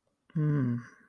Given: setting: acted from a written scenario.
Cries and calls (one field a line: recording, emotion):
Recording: vocal sound without words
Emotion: desire